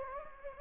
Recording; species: mosquito wingbeat signal from an infrared sensor; Anopheles gambiae